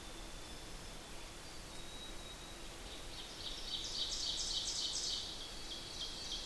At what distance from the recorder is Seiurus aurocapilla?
about 35 m